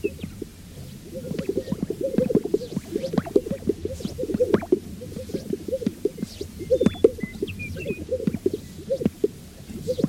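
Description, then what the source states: Many sage-grouse giving dense low popping and gurgling notes in continuous overlapping rhythm, with a few faint high chirps from other birds. A group.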